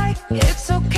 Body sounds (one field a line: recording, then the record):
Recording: coughing mixed with background sound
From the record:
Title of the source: female coughing - coughing sound effects girl